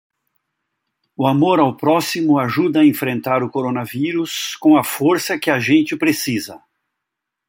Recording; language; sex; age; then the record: spoken sentence; Brazilian Portuguese; male; 60 to 69 years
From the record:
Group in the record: control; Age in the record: 62 years